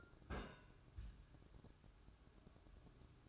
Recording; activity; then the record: daily activity, microphone in the room; place on stove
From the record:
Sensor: 2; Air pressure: 1007.8 hPa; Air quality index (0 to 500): 102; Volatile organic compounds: 1 ppm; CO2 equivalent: 764 ppm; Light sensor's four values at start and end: 7/15/6/6 and 7/16/6/6